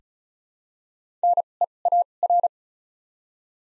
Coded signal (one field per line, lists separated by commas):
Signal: Morse code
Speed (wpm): 36 wpm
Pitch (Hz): 700 Hz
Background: none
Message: NEAR